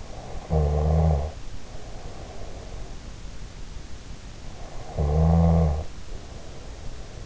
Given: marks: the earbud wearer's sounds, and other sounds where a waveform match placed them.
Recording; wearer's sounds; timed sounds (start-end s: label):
sounds in sleep by an in-ear microphone; snoring breath
0.16-2.71 s: snoring breath
4.72-7.26 s: snoring breath